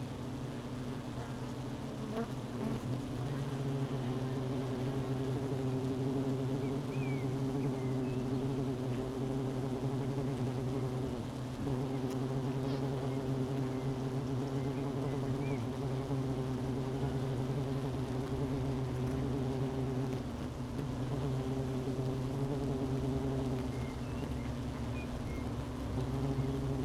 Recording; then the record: honeybee colony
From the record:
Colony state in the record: missing queen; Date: 31 May 2018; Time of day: 12:41